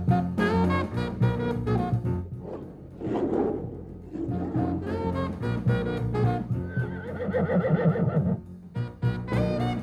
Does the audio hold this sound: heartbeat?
no